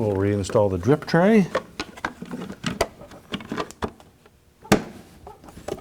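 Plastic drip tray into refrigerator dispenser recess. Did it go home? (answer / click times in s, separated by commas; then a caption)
yes / 4.7 s. Someone talks, then a plastic drip tray is pushed back into the ice and water dispenser recess of a Frigidaire refrigerator after an ice actuator replacement. Light knocks and taps are heard as it is handled, from about 2.0 to 3.6 s. The tray snaps into place with a sharp click at 4.7 s, seated.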